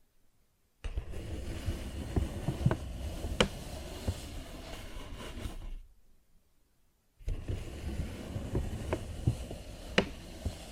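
A paper bag is scratched and rubbed in a dense, rough rustle, broken by sharp taps every second or so. The scratching runs for about five seconds, stops for a brief silence around the six-second mark, then picks up again with more taps until the end.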